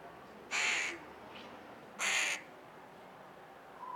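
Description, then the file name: Carrion crow uttering two rough, grating caws about a second and a half apart, with a quiet background. "Corvus corone - Carrion Crow"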